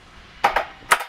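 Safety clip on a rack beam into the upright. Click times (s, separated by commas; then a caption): 0.4 s, 0.9 s. With the beam's rivets placed in the upright's keyholes on a steel keg kit, the steel safety clip on the rack beam is pushed down into the upright. It snaps home with sharp clicks at about 0.5 s and 0.9 s, with a softer snap just after the first. The clip locks into place, leaving the beam attached and secured to the upright.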